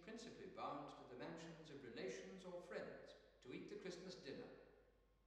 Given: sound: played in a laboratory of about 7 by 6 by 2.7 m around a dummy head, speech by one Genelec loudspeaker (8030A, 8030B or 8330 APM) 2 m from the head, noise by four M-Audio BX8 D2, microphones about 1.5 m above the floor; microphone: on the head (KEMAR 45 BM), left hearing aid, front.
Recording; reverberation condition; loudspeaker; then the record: male speech in English; high; 30 degrees to the left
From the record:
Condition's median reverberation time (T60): about 1300 ms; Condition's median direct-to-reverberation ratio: about -4.0 dB